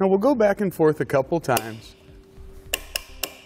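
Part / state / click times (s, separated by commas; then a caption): torque-limiting tool on a roof rack crossbar foot bolt / torque reached / 2.7 s. Someone talks, then the included torque-limiting tool is turned back and forth on the foot bolt of a Thule ProBar Evo roof rack crossbar. At 2.7 s the tool gives a sharp click, signaling the 3 Nm setting, and two more short clicks follow at 3.0 s and 3.2 s.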